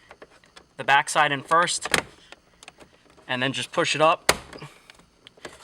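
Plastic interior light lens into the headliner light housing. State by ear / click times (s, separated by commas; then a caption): seated / 5.3 s. A plastic front interior dome light lens on a VW MK5 GTI/Golf is refitted into the headliner light housing over a new LED: the tabs go in at the back side first, then the lens is pushed up. Someone talks while light plastic handling ticks are heard. The lens snaps into place with a sharp click at 5.3 s.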